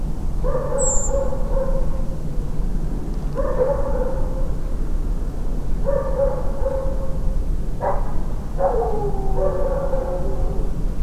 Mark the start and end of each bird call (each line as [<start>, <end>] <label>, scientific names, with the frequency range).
[0.77, 1.09] Turdus iliacus (6.4-8.7 kHz)